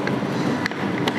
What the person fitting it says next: bautnya Dol Oke